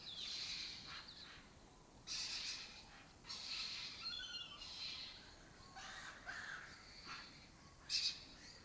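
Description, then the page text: Lesser kestrel harsh, rasping calls in several short bursts, with thinner chirps between them and a sharp note near the end. Lesser kestrel colony occupying an abandoned building complex in Doñana; a migratory raptor that forages in West Africa and breeds in southern Europe. "Lesser Kestrels Took Over an Abandoned Building. A migratory raptor wich spends its foraging time in West Africa and breeds in southern Europe. Here in Doñana"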